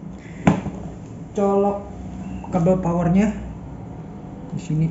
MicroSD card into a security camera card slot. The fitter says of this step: sudahah sampai klik